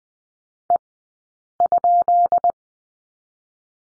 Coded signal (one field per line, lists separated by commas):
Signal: Morse code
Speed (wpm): 20 wpm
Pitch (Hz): 690 Hz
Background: none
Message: E?